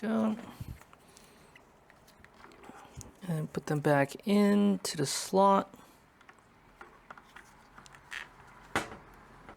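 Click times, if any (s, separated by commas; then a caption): none. Light bulb sockets are handled on an FRS car during a fourth brake light install, on their way back into their slots in the rear light housing. Someone talks over faint ticks and small plastic handling noises, with a sharper tap near 8.8 s. The clip ends before the sockets go home, so nothing has seated or clicked yet.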